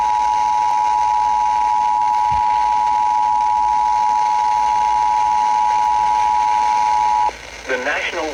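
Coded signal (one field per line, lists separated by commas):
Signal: Emergency Alert System (SAME) tones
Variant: 853 and 960 Hz attention tone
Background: speech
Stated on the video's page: One of 53 EAS alerts recorded over about ten hours in a single day.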